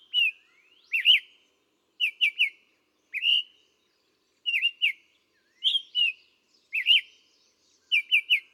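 Summer tanager singing short, slurred two- or three-note whistled phrases about once a second, each phrase a quick up-down figure, with brief silent gaps between.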